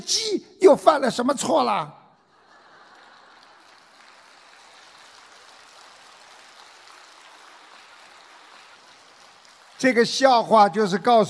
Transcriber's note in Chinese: 掌声